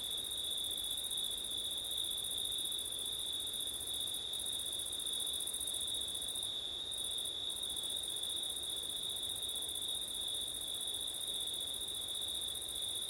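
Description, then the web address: Cricket chorus trilling steadily, one bright high band and a higher shimmer that breaks off a few times, with soft background noise underneath. Crickets on a September night, recorded with wind; ORTF microphone setup. "audio crickets wind september night ortif"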